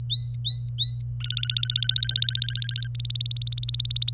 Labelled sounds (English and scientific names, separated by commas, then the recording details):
Domestic Canary (Serinus canaria) song
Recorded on 25 April 2018 at 08:57
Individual llb3